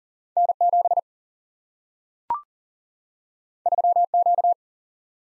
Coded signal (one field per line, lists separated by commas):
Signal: Morse code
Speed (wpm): 38 wpm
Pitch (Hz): 700 Hz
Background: none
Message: N7 3Q